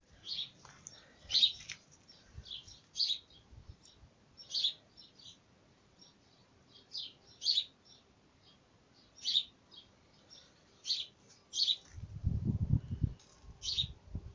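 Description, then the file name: Bird calling with scratchy high chirps, single or paired, spaced a second or two apart, with a brief low rumble near the end. Birds at a nest. "Nido pajaros"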